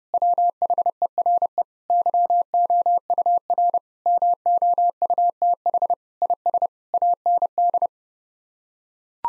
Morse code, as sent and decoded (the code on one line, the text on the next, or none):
.-- .... . .-. . / -.-- --- ..- .-. / -- --- ..- - .... / .. ... / .- -. -..
WHERE YOUR MOUTH IS AND